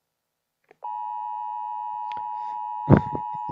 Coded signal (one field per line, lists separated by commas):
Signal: Emergency Alert System (SAME) tones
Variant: 853 and 960 Hz attention tone